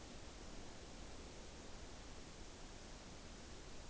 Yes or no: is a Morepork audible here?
no